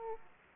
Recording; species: mosquito wingbeat signal from an infrared sensor; Aedes aegypti